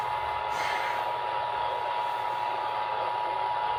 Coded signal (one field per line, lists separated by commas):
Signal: Emergency Alert System (SAME) tones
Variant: 853 and 960 Hz attention tone